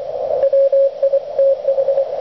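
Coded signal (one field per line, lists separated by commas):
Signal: Morse code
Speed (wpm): 24 wpm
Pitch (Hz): 530 Hz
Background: radio noise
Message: WITH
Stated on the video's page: Front-porch QRP DXpedition using an Elecraft K1 into a 44-foot doublet antenna.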